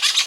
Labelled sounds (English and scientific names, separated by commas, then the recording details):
Brown-throated Parakeet (Eupsittula pertinax) contact call
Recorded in Venezuela
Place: Guárico; Corozopando; Fundo La Fe
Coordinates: 8.506, -67.593